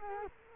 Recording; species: mosquito wingbeat signal from an infrared sensor; Culex quinquefasciatus